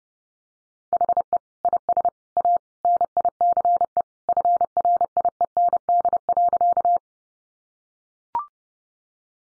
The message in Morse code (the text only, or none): HE IS A NICE FRIEND.